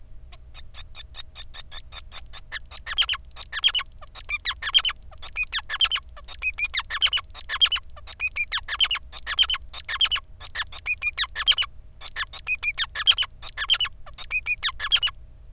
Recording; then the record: song of a male Bengalese finch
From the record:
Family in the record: son of father 5